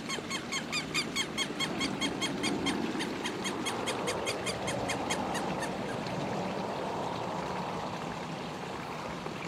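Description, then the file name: Southern lapwing giving a fast run of harsh, strident notes for about six seconds, then fading off, over a steady low rumbling background. "canto do quero quero"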